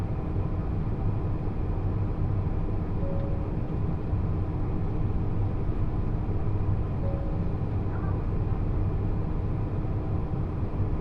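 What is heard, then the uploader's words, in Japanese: A ride aboard the limited express Uzushio No. 24 on the Kotoku Line, from Tokushima toward Sanbonmatsu. A steady, dense, deep rumble runs unbroken at an even level throughout. A faint, brief thin tone sounds twice, around the third and seventh seconds. 高徳線 徳島→三本松 特急うずしお24号。2両編成で後ろの28席が指定席、1両半ほどが自由席になります。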